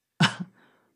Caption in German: Impulshaft ausatmen und da dieses Geräusch des Hustens machen.